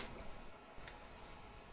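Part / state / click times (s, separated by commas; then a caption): washing machine timer knob onto timer shaft / seated / 0.9 s. A new plastic timer knob with its retaining clip is pushed onto the metal timer shaft of a General Electric washing machine. A sharp snap is heard at 0.9 s over a steady low background, and the knob is seated in place.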